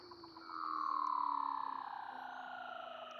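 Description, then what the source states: Weddell seal whistle: a steady tonal note swelling then fading, layered over other faint sustained tones and soft pulsing. Recorded in Antarctica.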